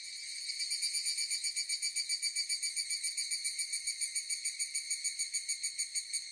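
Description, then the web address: Cicada singing a continuous, high, shrill buzz that pulses rapidly. "insects cicadas"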